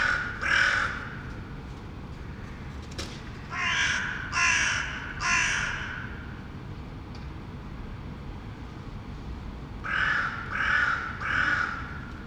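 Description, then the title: Crow cawing: one harsh caw, then three caws, a pause of about four seconds, then three more evenly spaced caws, over a low background rumble. Recorded in Saint-Gilles, Belgium, with AB-spaced microphones into a portable field recorder. "Saint-Gilles, Belgique - Bees, crows and pigeons"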